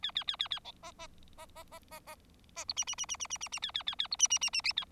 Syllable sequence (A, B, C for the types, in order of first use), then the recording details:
A A A A A B C C C C C C C C D E E E E E E E E A A A A D E E E E. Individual Bird4